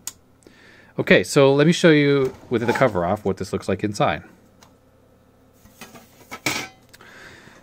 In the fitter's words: till it clicks like that and you lower the door